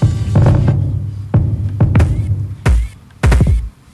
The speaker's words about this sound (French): Bon, là, je mets le BPM. Là, j'ai mis le kick.